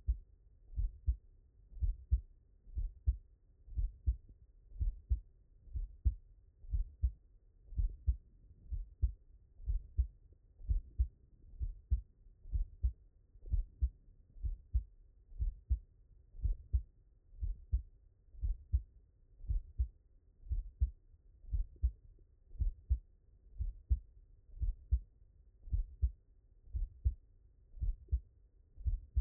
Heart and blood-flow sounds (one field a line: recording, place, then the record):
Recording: heart sounds by stethoscope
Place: mitral valve (MV)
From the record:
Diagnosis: non-HFrEF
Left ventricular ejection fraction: 62%